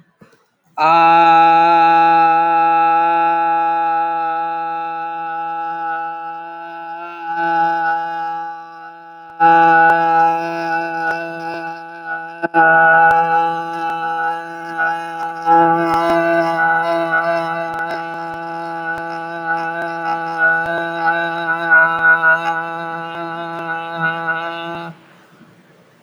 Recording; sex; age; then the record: vowel held as long as possible; male; 20 to 29 years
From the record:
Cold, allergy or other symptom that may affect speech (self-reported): no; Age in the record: 27 years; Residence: Michigan, United States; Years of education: 14